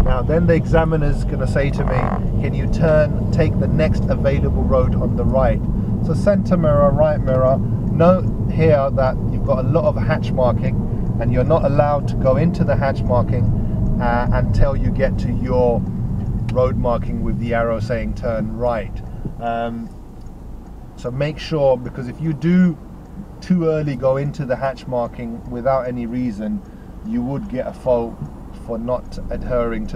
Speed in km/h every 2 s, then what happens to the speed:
29, 35, 35, 37, 35, 32, 27, 18, 5, 0, 0, 0, 0, 0, 2.
0-5 speeds up to 37. 5-17 slows to 0. 17-28 standing.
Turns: none.